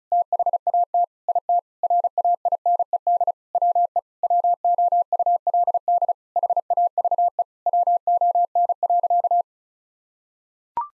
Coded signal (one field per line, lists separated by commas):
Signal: Morse code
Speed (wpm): 36 wpm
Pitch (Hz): 700 Hz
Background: none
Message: THAT IT RAINED WE WOULD HAVE WON.